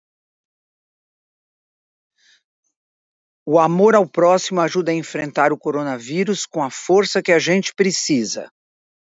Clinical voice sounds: spoken sentence; Brazilian Portuguese; female; 60 to 69 years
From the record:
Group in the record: control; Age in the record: 67 years

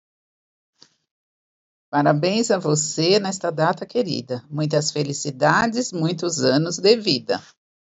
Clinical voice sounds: short text; Brazilian Portuguese; female; 50 to 59 years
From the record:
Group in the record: control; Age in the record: 56 years

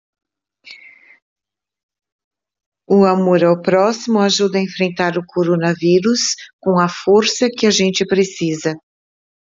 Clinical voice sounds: spoken sentence; Brazilian Portuguese; female; 60 to 69 years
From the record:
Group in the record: control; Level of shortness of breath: 0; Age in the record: 64 years

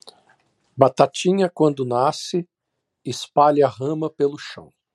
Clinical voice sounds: short text; Brazilian Portuguese; male; 50 to 59 years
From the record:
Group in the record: control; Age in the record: 56 years

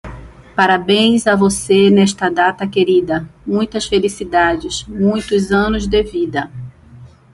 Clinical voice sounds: short text; Brazilian Portuguese; female; 50 to 59 years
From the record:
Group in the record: control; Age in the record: 56 years

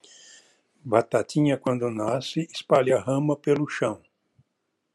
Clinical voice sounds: short text; Brazilian Portuguese; male; 60 to 69 years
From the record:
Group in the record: control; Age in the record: 65 years

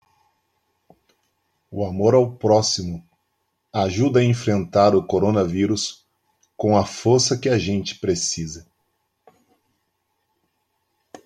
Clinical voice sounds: spoken sentence; Brazilian Portuguese; male; 50 to 59 years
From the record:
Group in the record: control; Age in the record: 54 years

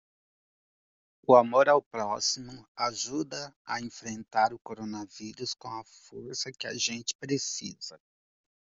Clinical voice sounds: spoken sentence; Brazilian Portuguese; male; 40 to 49 years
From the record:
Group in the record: control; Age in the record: 44 years

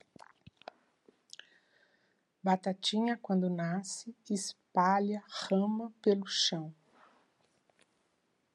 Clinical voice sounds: short text; Brazilian Portuguese; female; 60 to 69 years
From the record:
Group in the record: control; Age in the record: 64 years

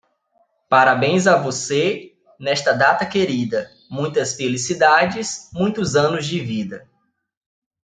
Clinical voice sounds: short text; Brazilian Portuguese; male; 30 to 39 years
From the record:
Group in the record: control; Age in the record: 30 years

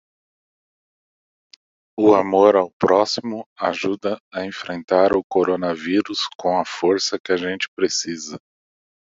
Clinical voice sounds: spoken sentence; Brazilian Portuguese; male; 40 to 49 years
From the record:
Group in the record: control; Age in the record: 42 years

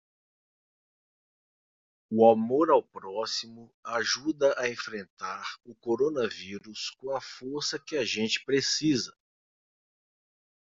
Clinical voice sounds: spoken sentence; Brazilian Portuguese; male; 50 to 59 years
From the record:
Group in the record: control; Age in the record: 50 years

